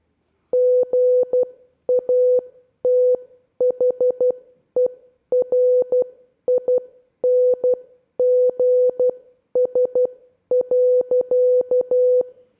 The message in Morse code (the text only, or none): GATHERINGS.